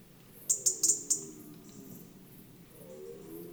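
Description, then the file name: European robin giving a quick series of about five sharp, high ticks in just over half a second, then only low background hum. "Erithacus rubecula"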